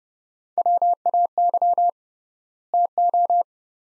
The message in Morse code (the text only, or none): WAY TO